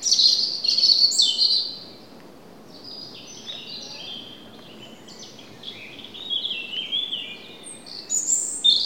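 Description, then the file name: European robin song: a sweet, high phrase of thin whistles, a short pause, then a longer tumbling run of varied high notes that jump up and down in pitch, with faint background hiss. "Erithacus rubecula"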